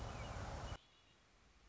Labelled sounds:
Red-winged Blackbird
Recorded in Sonoma County, California

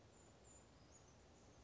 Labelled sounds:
Brown Creeper
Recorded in Sonoma County, California

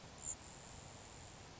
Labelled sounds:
Grasshopper Sparrow
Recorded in Sonoma County, California

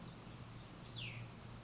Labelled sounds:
Cassin's Vireo
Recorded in Sonoma County, California

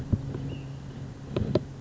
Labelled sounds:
Ash-throated Flycatcher
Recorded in Sonoma County, California

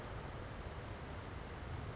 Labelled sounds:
California Towhee
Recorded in Sonoma County, California

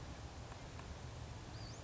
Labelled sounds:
Western Flycatcher
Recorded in Sonoma County, California

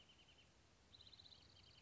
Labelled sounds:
Wrentit
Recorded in Sonoma County, California

